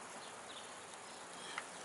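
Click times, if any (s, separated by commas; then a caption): 1.6 s. A torque wrench tightens the negative battery cable nut onto the engine case stud of a Sportster motorcycle, with a steady broadband hiss in the background. A single short, sharp click sounds at 1.6 s as the wrench reaches its set torque, confirming the nut is torqued.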